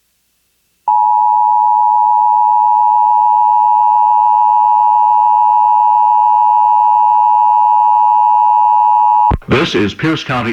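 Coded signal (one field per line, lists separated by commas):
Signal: Emergency Alert System (SAME) tones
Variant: 853 and 960 Hz attention tone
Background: speech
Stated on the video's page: Seattle-area EAS Required Monthly Test relayed by an FM station, recorded from a stereo onto a Zoom H1 recorder.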